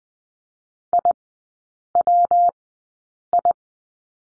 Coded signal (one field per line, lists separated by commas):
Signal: Morse code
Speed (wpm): 20 wpm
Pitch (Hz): 700 Hz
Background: none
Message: IWI